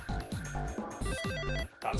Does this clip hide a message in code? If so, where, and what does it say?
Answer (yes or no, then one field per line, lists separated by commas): no